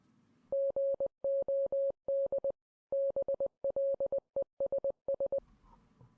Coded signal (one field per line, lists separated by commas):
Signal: Morse code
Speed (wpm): 20 wpm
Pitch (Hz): 550 Hz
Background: none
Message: GOD BLESS